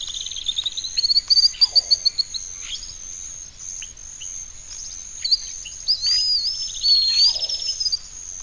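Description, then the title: Bird singing a fast series of high whistled notes, then looping warbled phrases in the second half, against a continuous high-pitched insect drone. "LuckyPassaro Completos2Sama"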